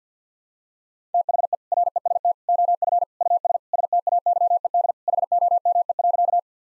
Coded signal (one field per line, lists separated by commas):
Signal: Morse code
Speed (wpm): 50 wpm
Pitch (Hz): 700 Hz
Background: none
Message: THE REST OF US STAYED HOME.